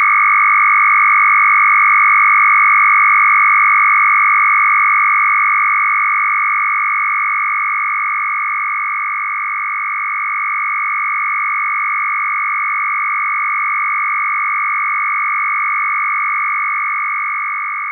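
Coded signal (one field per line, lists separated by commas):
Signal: RTTY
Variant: Russian, 1000 Hz shift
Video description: Russian RTTY FSK 1000Hz mark and space separation.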